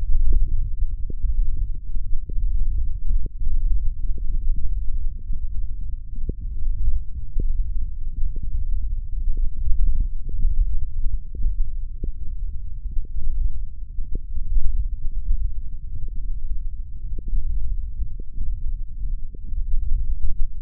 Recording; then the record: forearm muscle sounds (acoustic myography)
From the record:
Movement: thumb flexion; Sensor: system 1, eight BSWA MPA416 microphones around the upper forearm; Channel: 5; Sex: male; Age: 21 years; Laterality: right